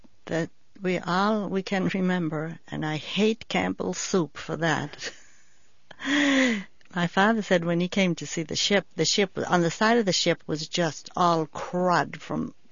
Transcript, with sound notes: That we all, we can't remember, and I hate Campbell's soup for that. ( she laughs ) My father said when he came to see the ship, the ship, on the side of the ship was just all crud from